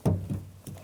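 The door handle wiring connector of a front exterior door handle on a 2013-2015 Subaru VX Crosstrek is handled as it is plugged back into its mating plastic connector. A dull thunk comes at about 0.1 s, followed by softer knocks near 0.3 s and 0.7 s. Nothing has seated or clicked yet.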